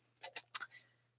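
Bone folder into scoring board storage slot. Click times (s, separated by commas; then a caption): 0.5 s. A small plastic bone folder is pressed into its storage slot on a small scoring board. Two lighter tick-like handling sounds come around 0.2 and 0.4 seconds, and then a sharp, strongest click at 0.6 seconds. The bone folder snaps into the holder and is seated.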